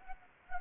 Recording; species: mosquito wingbeat signal from an infrared sensor; Anopheles arabiensis